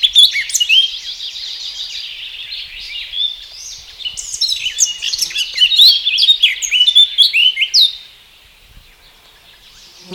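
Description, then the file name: Eurasian blackcap giving a fast, rambling warble of high chirps and twittering notes for about eight seconds, then falling quiet. "Sylvia atricapilla"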